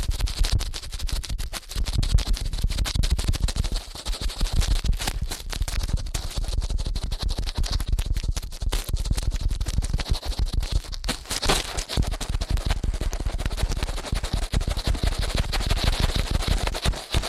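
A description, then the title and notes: Ear cleaning done very fast: a continuous flurry of rapid scratching and rubbing crackles runs the full length with almost no pause. The texture stays dense and steady, with a deep muffled thumping underneath and a bright hiss on top, briefly intensifying around eleven seconds. ASMR Ear Cleaning at Helicopter Speed.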